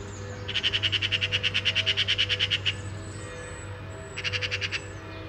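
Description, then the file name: Eurasian magpie chattering: a long, fast rattle of harsh clacking notes lasting about two seconds, then a pause and a shorter rattle burst, over a low steady hum. "Pica pica"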